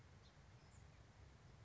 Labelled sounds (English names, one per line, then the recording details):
House Finch
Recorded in Sonoma County, California